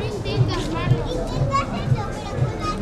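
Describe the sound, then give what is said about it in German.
Children's voices chatter and call out as they play between restaurant tables in the harbour lanes of Ibiza at night, with a steady murmur of background crowd noise and a few faint rhythmic thumps underneath. “Kinder spielen zwischen den Tischen der Restaurants.”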